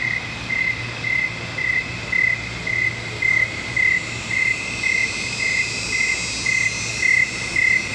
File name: Swamp At Night With Crickets And Cicadas